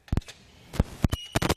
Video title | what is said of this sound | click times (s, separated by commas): etrailer - Fit Check: Swagman Current Bike Rack for 2 Electric Bikes on a 2018 Honda CR-V | locks in place | 1.4 s